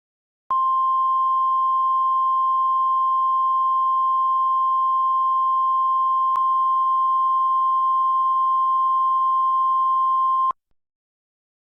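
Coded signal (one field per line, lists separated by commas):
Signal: Emergency Alert System (SAME) tones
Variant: 1050 Hz attention tone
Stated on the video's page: Fictional EAS scenario, not a real alert.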